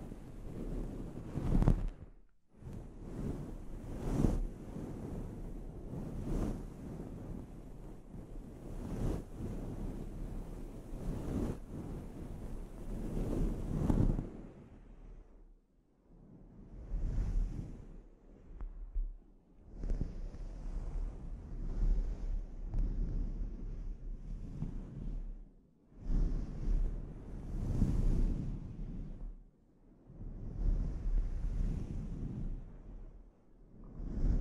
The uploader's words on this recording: ASMR Sleep Inducing Scalp Treatment (No Talking).